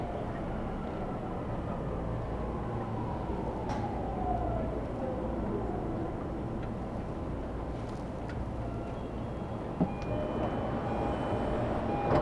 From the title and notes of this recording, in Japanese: 東京メトロ 飯田橋→西船橋。津田沼行きの快速に乗車していますので、車両はＪＲの車両です。通勤時間帯なのでかなり混雑してきましたが。